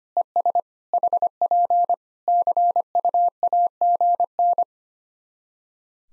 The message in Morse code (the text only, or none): ES HP CUAGN